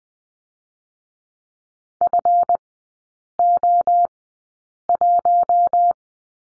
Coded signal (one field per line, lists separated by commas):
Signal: Morse code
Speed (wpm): 20 wpm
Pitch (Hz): 700 Hz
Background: none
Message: FO1